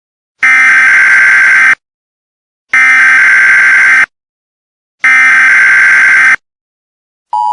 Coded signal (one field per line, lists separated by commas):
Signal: Emergency Alert System (SAME) tones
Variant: header bursts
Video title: A EAS scenario #6 Perry the platypus